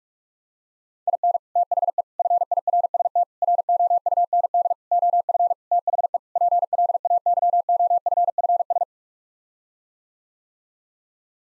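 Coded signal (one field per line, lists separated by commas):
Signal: Morse code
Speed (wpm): 46 wpm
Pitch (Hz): 700 Hz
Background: none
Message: IN THE FIRST ROUND OF THE PLAYOFFS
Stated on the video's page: Morse code word groups (common 7-word n-grams) sent at 45 wpm for head-copy practice, each set sent twice.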